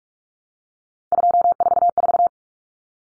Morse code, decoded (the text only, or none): 244